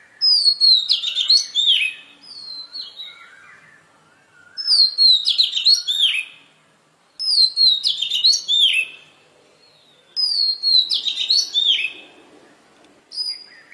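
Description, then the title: Oriental magpie-robin song: bursts of bright, varied whistles and twittering notes, one phrase roughly every three seconds with short quiet gaps between. "Magpie Robin Song Doyel Pakhir Dak Wildindiamit"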